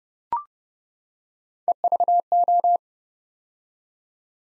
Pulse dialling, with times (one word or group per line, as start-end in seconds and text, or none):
none